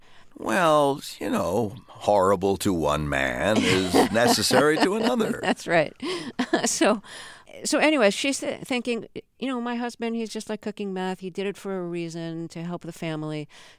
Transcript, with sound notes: Well, you know, horrible to one man is necessary to another.
(Laughter) That's right. So anyway, she's thinking, you know, my husband, he's just, like, cooking meth. He did it for a reason, to help the family.